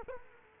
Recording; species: mosquito wingbeat signal from an infrared sensor; Culex quinquefasciatus